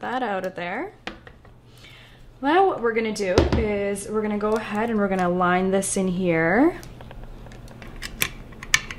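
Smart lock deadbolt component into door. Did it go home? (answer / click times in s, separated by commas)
yes / 8.7 s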